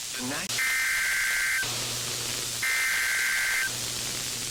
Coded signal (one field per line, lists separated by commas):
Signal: Emergency Alert System (SAME) tones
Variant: header bursts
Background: speech